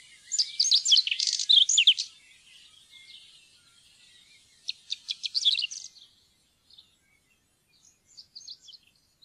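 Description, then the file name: Whinchat song in two bursts of fast, high notes, followed by a few soft, scattered notes before silence. "buskskvett"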